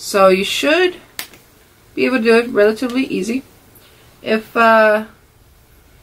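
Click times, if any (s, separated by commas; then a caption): 1.2 s. Thumbs push a plastic sunglass lens forward while fingers pull the frame outward, and the lens pops out of the frame groove with a sharp click at 1.2 s, which is normal. Someone talks before and after the pop.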